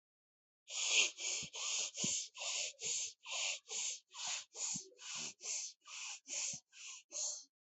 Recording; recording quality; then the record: shallow breathing; excellent, no background noise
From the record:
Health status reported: healthy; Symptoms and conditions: none ticked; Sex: male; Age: 41 years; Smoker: not ticked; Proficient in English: yes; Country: India